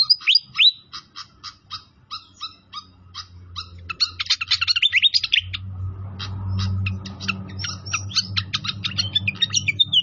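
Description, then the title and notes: Pied fantail song opens with evenly spaced chirps, runs into a tumbling chatter, then continues in clipped notes over a low rushing sound. Training (masteran) recording of a clear-voiced pied fantail, made with the sound of flowing water. "Masteran Sikatan Kipas Suara Jernih Dan Suara Gemericik Air. Suara Burung Sikatan Londo"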